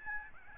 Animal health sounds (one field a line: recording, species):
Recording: mosquito wingbeat signal from an infrared sensor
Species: Aedes albopictus